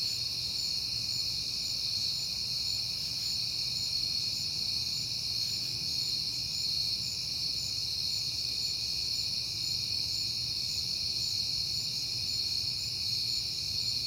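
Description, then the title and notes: Crickets trill in an unbroken high chorus, with soft low-frequency rumbling in the background. Crickets recorded outdoors on a peaceful night in September. "Night Time: Crickets and Passing Cars. It is September and I have been hearing the crickets a lot, but finally had a peaceful night to make the recording"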